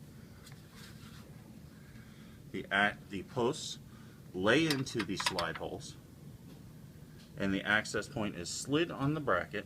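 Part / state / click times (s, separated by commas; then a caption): wireless access point onto ceiling mounting bracket / not seated / none. A Cisco 3700 Series wireless access point is positioned against its ceiling mounting bracket, with its posts lined up with the bracket's slide holes. Someone talks over a low, steady background hum, with no sharp transients. The access point has not been slid home yet, and nothing has clicked.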